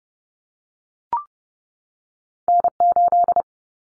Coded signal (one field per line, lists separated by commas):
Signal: Morse code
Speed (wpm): 30 wpm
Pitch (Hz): 700 Hz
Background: none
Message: N8